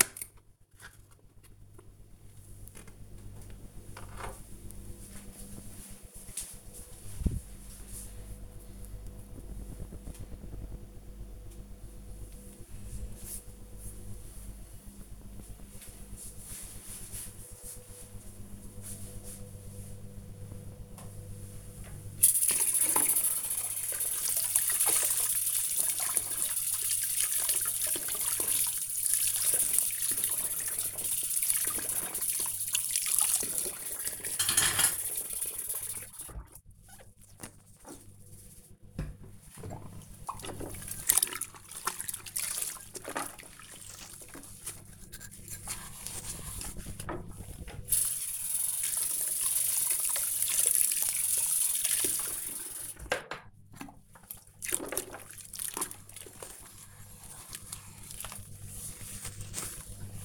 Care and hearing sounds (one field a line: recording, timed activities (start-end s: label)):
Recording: household activities, microphone on the right wrist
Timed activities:
0.00-3.08 s: cutting vegetables
20.21-60.25 s: washing dishes